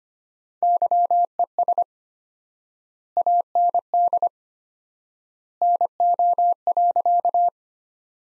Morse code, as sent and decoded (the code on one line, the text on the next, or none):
-.-- . ... / .- -. -.. / -. --- .-.-.-
YES AND NO.